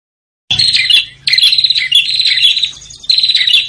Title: Suara Prenjak Ribut Ampuh Buat Pikat Burung Prenjak Kepala Merah Prenjak Tamu